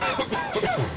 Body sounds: coughing mixed with background sound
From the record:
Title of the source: Dry Coughing Fit in the Afternoon.

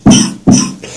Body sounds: coughing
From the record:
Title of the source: Spring Cold Coughing 3

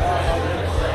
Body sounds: background sound without coughing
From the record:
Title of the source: CITY SOUNDS Busy Bar in the Evening Night - 2 HOURS of Ambiance for Relaxation

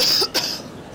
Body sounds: coughing mixed with background sound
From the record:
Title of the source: November cold (wet coughing)

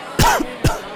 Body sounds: coughing mixed with background sound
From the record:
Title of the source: Coughing 51

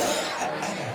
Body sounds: coughing mixed with background sound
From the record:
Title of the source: Cough Around the Clock!

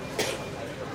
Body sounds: coughing mixed with background sound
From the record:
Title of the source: 61 morning phlegmy cough...again

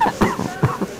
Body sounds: coughing mixed with background sound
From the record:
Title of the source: Heavy cold and sore throat coughing.

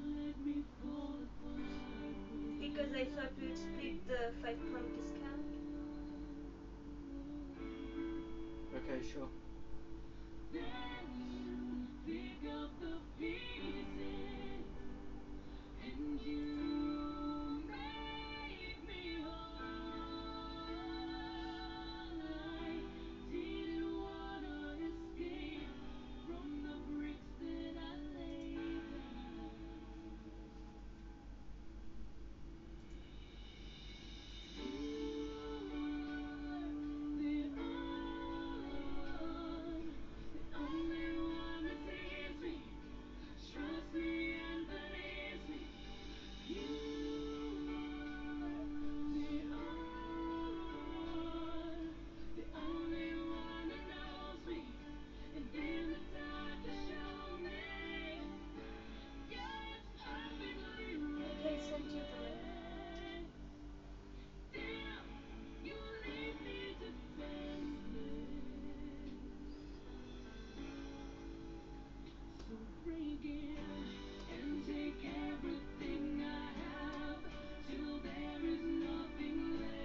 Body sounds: background sound without coughing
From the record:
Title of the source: BackgroundMusic3

